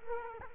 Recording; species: mosquito wingbeat signal from an infrared sensor; Culex quinquefasciatus